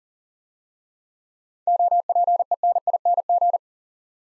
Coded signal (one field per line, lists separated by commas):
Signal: Morse code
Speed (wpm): 39 wpm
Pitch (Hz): 700 Hz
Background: none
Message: OPENING